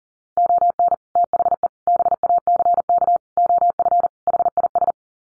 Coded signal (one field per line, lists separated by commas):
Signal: Morse code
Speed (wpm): 40 wpm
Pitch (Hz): 700 Hz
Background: none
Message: ON THE BACK OF HIS